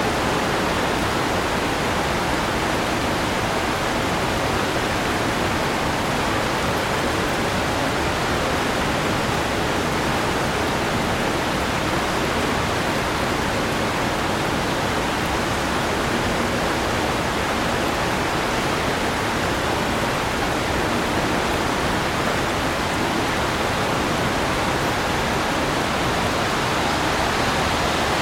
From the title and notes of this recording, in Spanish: En este episodio, hemos capturado una implacable tormenta en el centro de Londres. Son las 10 PM y la lluvia cae a raudales. Tormenta de lluvia en el centro de la ciudad. El constante y rítmico diluvio de la lluvia.